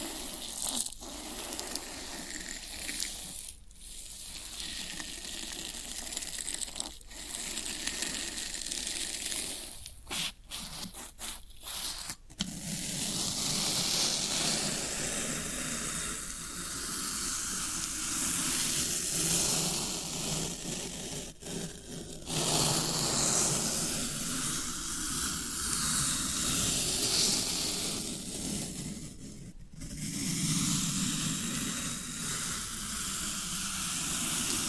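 Floral foam is crumbled and pressed, giving a dense, bright hiss of fine crackling that runs almost without pause. Brief dips break it near 4, 7, 10–12, 21 and 30 seconds, and the crunching grows fuller and louder after about 12 seconds.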